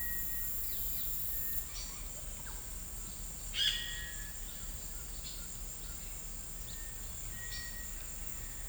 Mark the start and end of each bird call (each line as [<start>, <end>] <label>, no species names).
[0.00, 0.51] bird call
[1.70, 2.13] bird call
[3.54, 4.28] bird call
[7.32, 7.95] bird call